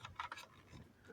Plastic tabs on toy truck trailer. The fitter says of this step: And they both lock into place, almost the same,